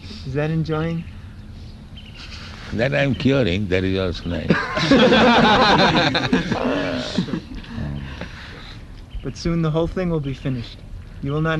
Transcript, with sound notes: Is that enjoying?
"That I am curing. That is also nice." [laughter]
But soon the whole thing will be finished. You will not...